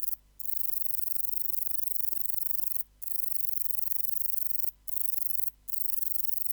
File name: Metrioptera bicolor